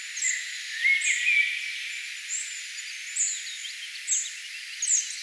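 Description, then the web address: Spotted flycatcher singing short, sharp, very high squeaks about once a second, with lower whistled notes and chatter from other birds behind. Singing bird, recorded 4 June 2025. "paivat 4 6 2025 harmaasieppo laulaa"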